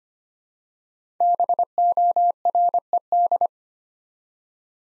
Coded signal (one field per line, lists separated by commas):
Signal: Morse code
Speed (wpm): 25 wpm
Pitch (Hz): 700 Hz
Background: none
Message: BORED